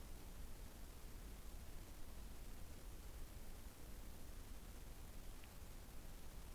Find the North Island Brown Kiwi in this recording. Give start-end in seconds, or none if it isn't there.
none